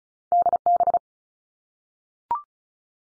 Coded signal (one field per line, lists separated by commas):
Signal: Morse code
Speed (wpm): 36 wpm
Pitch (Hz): 700 Hz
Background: none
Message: D B